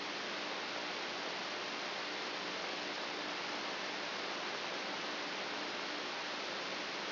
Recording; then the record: brain microelectrode recording played as sound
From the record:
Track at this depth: inside the subthalamic nucleus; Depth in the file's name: 2.834 mm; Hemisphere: left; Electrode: 3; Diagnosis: Parkinson's disease